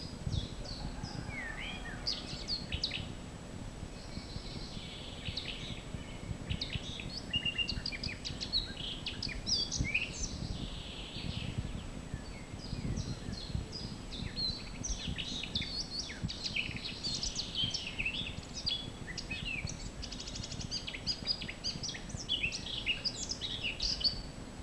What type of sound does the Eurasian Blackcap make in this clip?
song